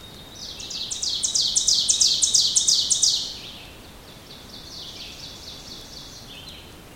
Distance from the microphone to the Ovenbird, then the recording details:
about 15 m. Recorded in boreal forest in Alberta, Canada, on 2 June 2016 at 06:09. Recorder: SongMeter 3, array SBT-3-7. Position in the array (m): -2 m, 87 m. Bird 7